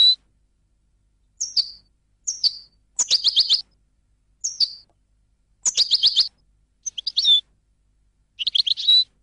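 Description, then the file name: European goldfinch giving short high calls and brief twittering bursts, scattered with gaps of silence between them. "audio burung goldfinch"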